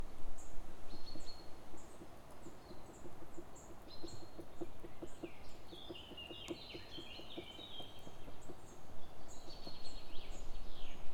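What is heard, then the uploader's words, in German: A woodpecker taps through the tree trunk in a quick, even series of dull knocks midway, with birds chirping above a low rumble. Ein Ohr am Baum des Spechts. Hab' ich das Mikrophon an den Stamm gehalten und das aufgenommen, bevor er mich bemerkt. Plötzlich klopft es im Baum neben mir. Also hab' ich das Mikrophon an den Stamm gehalten.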